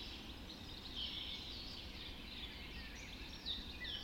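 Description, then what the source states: Birds in a dawn chorus, thin faint high whistles and twitters overlapping above a steady low rumble. Dawn chorus recorded just after dawn in the Forest of Dean.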